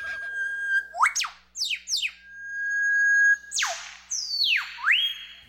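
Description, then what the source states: Superb lyrebird imitating an eastern whipbird, followed by the whipbird itself: long pure whistled notes and sharp whip-crack sweeps, then broad descending swoops ending in bright notes. Male superb lyrebird mimicking an eastern whipbird, followed by the real whipbird; males sing to attract mates; Australian forests.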